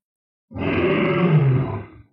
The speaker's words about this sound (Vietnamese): Tám con vượng ma khác gào to, điên cuồng giết tới, sợ còn kinh khủng hơn lúc nãy nữa.